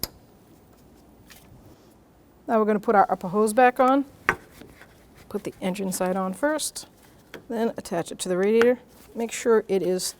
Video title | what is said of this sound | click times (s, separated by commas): How to Replace Power Steering Pressure Line Hose Assembly 2005-2021 Nissan Frontier 4.0L V6 | that goes to the high pressure switch till it clicks | 0.0 s